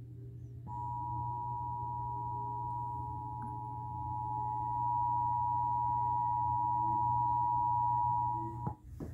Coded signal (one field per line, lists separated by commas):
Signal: Emergency Alert System (SAME) tones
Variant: 853 and 960 Hz attention tone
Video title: (EAS #16-17) Severe thunderstorm warning (fm radio and TV) 9/1/2021